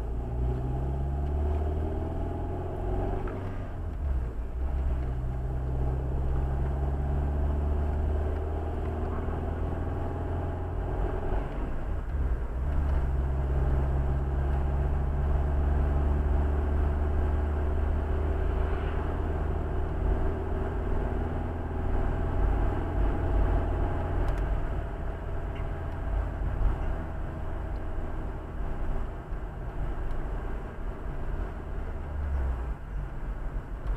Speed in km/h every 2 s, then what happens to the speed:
27, 39, 39, 44, 50, 54, 51, 53, 57, 60, 62, 65, 65, 61, 59, 58, 55.
0-9 speeds up to 54. 9-15 steady at about 53. 15-22 speeds up to 65. 22-34 slows to 55.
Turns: none.